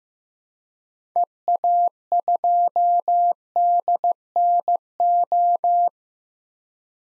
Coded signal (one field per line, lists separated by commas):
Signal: Morse code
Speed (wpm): 15 wpm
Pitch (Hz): 700 Hz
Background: none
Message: EA2DNO